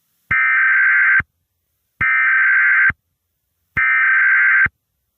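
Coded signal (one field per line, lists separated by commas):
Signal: Emergency Alert System (SAME) tones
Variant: header bursts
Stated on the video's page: Fake EAS alert, simulated.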